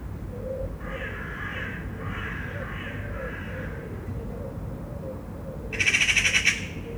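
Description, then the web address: Eurasian magpie gives a short, harsh, rapid rattling chatter near the end, after rough calls and soft low pigeon coos over steady background noise. Recorded in Angyalföld, Budapest, Hungary, with a pigeon also calling. "szarka. kozbengalambismegszolal angyalfold"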